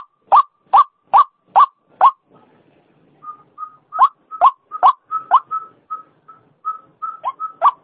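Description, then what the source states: White-breasted waterhen croaks in a quick series, then softer level piping notes mixed with renewed harsh croaks. Female bird; call used as a lure sound; local name ruak-ruak.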